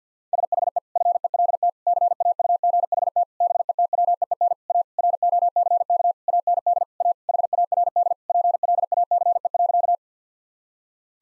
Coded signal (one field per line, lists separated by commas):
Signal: Morse code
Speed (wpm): 50 wpm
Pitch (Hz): 700 Hz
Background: none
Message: SHE FELT CAUGHT BETWEEN A ROCK AND A HARD PLACE.